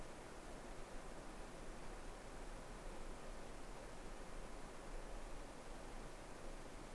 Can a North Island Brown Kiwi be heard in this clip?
no